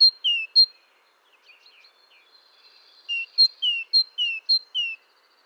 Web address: SETE data Parus major